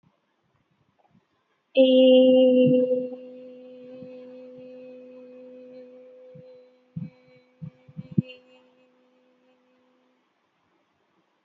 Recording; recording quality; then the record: sustained vowel as in made; excellent, no background noise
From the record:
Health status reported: healthy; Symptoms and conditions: none ticked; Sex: female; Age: 25 years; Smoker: not ticked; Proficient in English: yes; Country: India